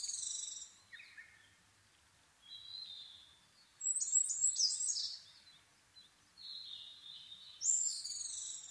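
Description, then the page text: Asian brown flycatcher song: high, thin, jumbled twittering phrases in several bursts with quieter pauses between them. Nikko, Japan, 26 April 2011 at 4:39, altitude 730 m; Sony PCM-D50 recorder with Panasonic WM-61A microphone. "kosamebitaki-20110426-0439. Muscicapa dauurica [Sounds -Nikko Today-]. 4/ 26 2011, 4:39 alt=730m"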